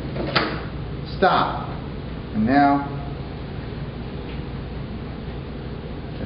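A low-profile screw clamp is fitted into a slot on the telescoping flip stop of a crosscut sled and clamped down, giving one short knock at 0.4 s. Someone talks over a steady background hum afterward. The clamp is seated and locks the stop in place.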